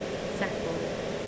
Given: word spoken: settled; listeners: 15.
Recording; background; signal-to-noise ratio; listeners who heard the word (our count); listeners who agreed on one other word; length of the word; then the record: one English word in noise, from a listening test; speech-shaped noise; -5.5 dB; 3 of 15; 6 of 15; 0.87 s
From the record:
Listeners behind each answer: 6, 3, 1, 1, 1, 1, 1, 1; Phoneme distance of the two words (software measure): 7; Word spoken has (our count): 2 syllables, 5 phonemes, stress on syllable 1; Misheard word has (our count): 2 syllables, 4 phonemes, stress on syllable 1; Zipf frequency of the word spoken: 4.37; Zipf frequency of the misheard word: 4.39